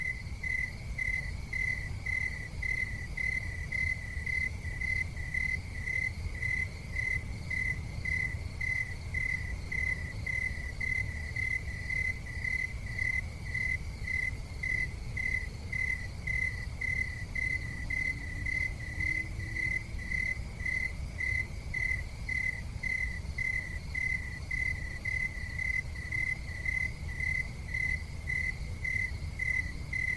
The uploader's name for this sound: Crickets in the City Ambient Noise